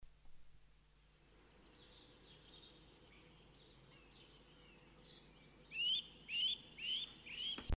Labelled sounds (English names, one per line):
Eurasian Nuthatch call